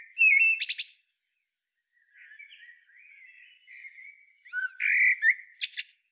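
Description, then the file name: Common blackbird: a high squeaky twitter, then several seconds of soft low warbling, then a louder burst of whistles and shrill chatter. "Turdus merula"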